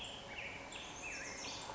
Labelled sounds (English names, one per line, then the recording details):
Black-headed Grosbeak
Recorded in Sonoma County, California